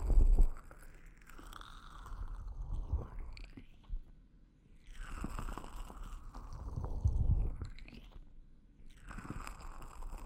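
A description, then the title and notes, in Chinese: Wet ear massage with fingers and a fluffy tool: crackly rubbing and soft swishes in repeated waves, briefly pausing near four and eight seconds. 手指掏耳．梵天．凡士林按摩 | EarMassage | NO Talking。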